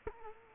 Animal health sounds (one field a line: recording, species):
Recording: mosquito wingbeat signal from an infrared sensor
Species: Culex quinquefasciatus